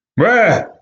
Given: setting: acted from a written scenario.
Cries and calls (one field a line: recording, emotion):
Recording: vocal sound without words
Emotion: fear